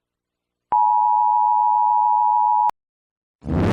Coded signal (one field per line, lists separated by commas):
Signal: Emergency Alert System (SAME) tones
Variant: 853 and 960 Hz attention tone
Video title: Ceuta (España) EAS Alarm (BAJAR EL VOLUMEN ⚠️‼️)